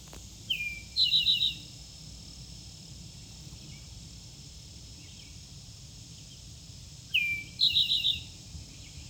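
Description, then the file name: Towhee song: a sharp downslurred note followed by a quick buzzy trill, given twice about six and a half seconds apart, over a constant high insect drone. Recorded on 24 July 2023. "2023-07-24 Towhee"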